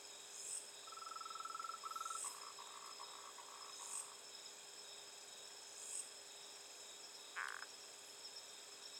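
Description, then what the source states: Frog calling with a fast, even pulsed trill that breaks into short repeated bursts for about three seconds, alongside high insect chirps and a steady background hum. Night of 16 November 2020, 20:47.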